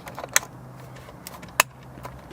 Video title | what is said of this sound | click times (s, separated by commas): 2021-2026 Toyota Sienna Upper Console Panel and Console Box Assembly Remove and Install | Snapped in place. | 0.4 s, 1.6 s